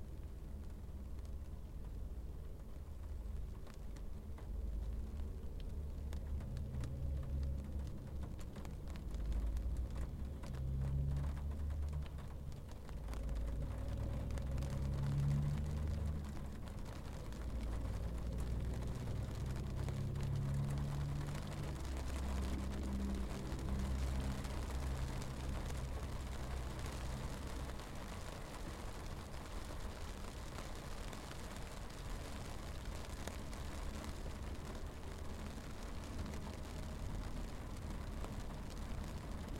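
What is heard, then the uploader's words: Rain patters steadily on a car windshield, heard from inside the vehicle as a dense, even hiss. Beneath it runs a low rumble with soft murmuring tones that swell around the middle. The level stays fairly constant throughout, with no sharp events. Rain on Windshield, West, 1:52pm. I hit a bad thunderstorm. I left my H5 rolling on my dashboard to try and catch some of the storm as it moved on. The sound of rain from inside a car.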